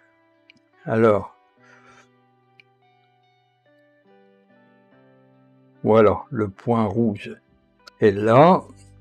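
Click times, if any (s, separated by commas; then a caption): none. A Canon EF lens is lined up on the red dot of a Viltrox EF-EOS M mount adapter for a Canon M camera body while someone talks. Brief small handling ticks are heard at about 0.5, 0.6 and 2.6 seconds. The lens has not yet seated or clicked into the adapter when the clip ends.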